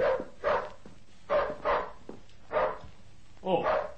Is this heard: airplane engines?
no